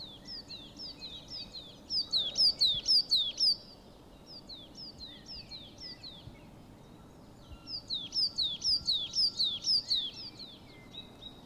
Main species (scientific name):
Periparus ater